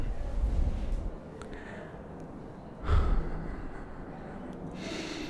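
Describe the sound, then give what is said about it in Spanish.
Soft, breathy inhales and exhales with no talking: a gentle breath at the start, a sharper gasp-like intake midway, and a quieter airy breath at the end over a low hiss. “Mi respiración.”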